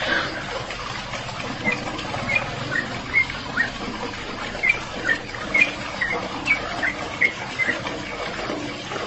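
Bird calls: short high squeaky notes repeated about every half second to second, fairly evenly spaced, over steady hiss.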